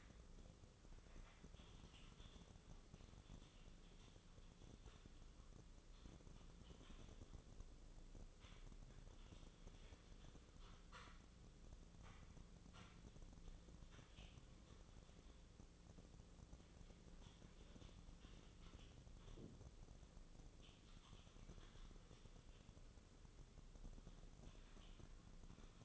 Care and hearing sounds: daily activity, microphone in the room; typing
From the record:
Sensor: 4

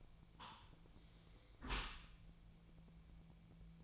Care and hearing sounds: daily activity, microphone in the room; close dishwasher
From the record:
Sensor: 1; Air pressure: 1000.6 hPa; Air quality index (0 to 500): 183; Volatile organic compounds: 4 ppm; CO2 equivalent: 1683 ppm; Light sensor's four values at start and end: 13/32/13/15 and 13/32/13/15

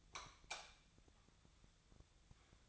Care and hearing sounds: daily activity, microphone in the room; light off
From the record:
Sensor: 3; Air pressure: 1000.0 hPa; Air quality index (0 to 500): 124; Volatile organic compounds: 2 ppm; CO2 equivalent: 1107 ppm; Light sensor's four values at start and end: 42/109/46/50 and 40/101/43/47

